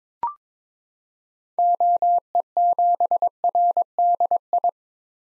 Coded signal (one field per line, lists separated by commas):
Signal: Morse code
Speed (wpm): 22 wpm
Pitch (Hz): 700 Hz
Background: none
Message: OE7RDI